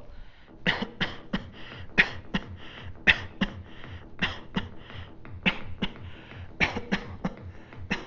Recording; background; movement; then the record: voluntary coughing; music; sitting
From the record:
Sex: male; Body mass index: 22.0 kg/m2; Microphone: on the chest, facing outward